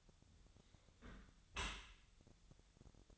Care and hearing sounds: daily activity, microphone in the room; close dishwasher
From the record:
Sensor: 3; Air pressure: 1006.9 hPa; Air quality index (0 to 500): 206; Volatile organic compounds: 18 ppm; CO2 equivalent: 2628 ppm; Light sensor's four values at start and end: 10/25/10/10 and 10/25/10/10

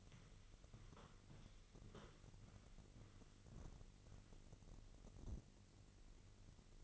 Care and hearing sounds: daily activity, microphone in the room; walk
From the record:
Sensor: 4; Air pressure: 1002.4 hPa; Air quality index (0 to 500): 218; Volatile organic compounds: 12 ppm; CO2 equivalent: 2354 ppm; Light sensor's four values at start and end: 21/71/26/26 and 21/72/26/26

